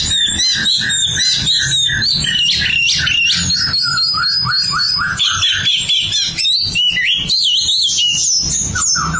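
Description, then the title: Oriental magpie-robin song, a dense, continuous stream of varied whistles, trills and chattering notes, with a steady low hum beneath. "Suara Kicauan Burung Kacer"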